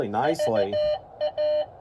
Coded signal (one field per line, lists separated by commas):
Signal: Morse code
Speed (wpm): 18 wpm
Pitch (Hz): 600 Hz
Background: speech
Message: VA